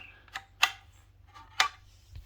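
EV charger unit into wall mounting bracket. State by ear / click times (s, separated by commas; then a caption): seated / 0.6 s, 1.6 s. A heavy Grizzl-E Extreme edition EV charger unit, a new charger for a Mustang Mach-E, is hung on its metal wall-mount bracket outside and pushed down to lock in place. A couple of faint ticks are followed by two sharp clicks at 0.6 s and 1.6 s. The charger is locked onto the bracket and stays put when held by the bracket alone.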